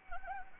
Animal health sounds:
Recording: mosquito wingbeat signal from an infrared sensor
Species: Anopheles gambiae

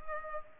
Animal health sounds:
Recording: mosquito wingbeat signal from an infrared sensor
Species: Culex pipiens

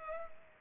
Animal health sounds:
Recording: mosquito wingbeat signal from an infrared sensor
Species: Culex pipiens

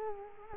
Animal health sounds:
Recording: mosquito wingbeat signal from an infrared sensor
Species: Culex quinquefasciatus

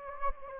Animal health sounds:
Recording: mosquito wingbeat signal from an infrared sensor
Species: Anopheles gambiae

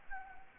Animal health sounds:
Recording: mosquito wingbeat signal from an infrared sensor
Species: Anopheles gambiae

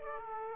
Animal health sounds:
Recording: mosquito wingbeat signal from an infrared sensor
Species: Aedes aegypti

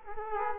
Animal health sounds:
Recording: mosquito wingbeat signal from an infrared sensor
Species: Culex quinquefasciatus

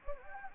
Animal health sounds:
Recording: mosquito wingbeat signal from an infrared sensor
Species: Anopheles gambiae

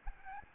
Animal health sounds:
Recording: mosquito wingbeat signal from an infrared sensor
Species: Aedes albopictus

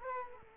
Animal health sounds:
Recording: mosquito wingbeat signal from an infrared sensor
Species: Culex quinquefasciatus

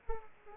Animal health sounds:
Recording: mosquito wingbeat signal from an infrared sensor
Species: Aedes aegypti

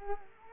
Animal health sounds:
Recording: mosquito wingbeat signal from an infrared sensor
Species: Culex quinquefasciatus

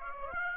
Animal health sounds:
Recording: mosquito wingbeat signal from an infrared sensor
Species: Aedes aegypti

